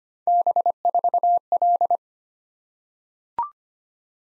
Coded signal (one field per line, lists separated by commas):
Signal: Morse code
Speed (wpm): 25 wpm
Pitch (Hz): 700 Hz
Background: none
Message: B4L